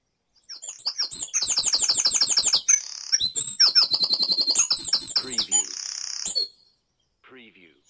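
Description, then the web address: Bird song, fast and energetic: a long burst of rapid, high, repeated chipping notes and trills lasting about six seconds, followed by a softer short phrase after a pause. Dawn chorus in Mold, North Wales. "beanstalk-audio Dawn Chorus in Mold North Wales"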